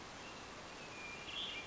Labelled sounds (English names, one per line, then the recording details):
Hermit Thrush
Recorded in Sonoma County, California